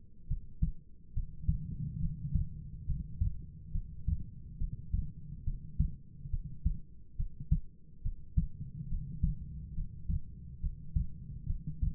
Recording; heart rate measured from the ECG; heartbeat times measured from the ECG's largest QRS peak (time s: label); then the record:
heart sounds by stethoscope; 70 bpm
0.27 s: heartbeat
1.13 s: heartbeat
2.00 s: heartbeat
2.85 s: heartbeat
3.71 s: heartbeat
4.58 s: heartbeat
5.44 s: heartbeat
6.30 s: heartbeat
7.16 s: heartbeat
8.02 s: heartbeat
8.88 s: heartbeat
9.74 s: heartbeat
10.60 s: heartbeat
11.46 s: heartbeat
From the record:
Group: heart failure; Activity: rest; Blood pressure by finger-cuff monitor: 76/53 mmHg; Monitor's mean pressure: 63 mmHg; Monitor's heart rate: 70 bpm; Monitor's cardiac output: 4.9 L/min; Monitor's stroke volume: 70 mL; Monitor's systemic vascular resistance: 910 dyn s/cm5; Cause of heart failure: non-ischemic cardiomyopathy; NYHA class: 1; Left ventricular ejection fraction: 42%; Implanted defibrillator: present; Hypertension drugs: sacubitril-valsartan, spironolactone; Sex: female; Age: 39 years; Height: 162 cm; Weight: 67.9 kg